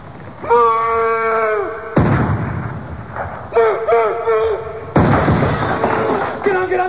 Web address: great audio moose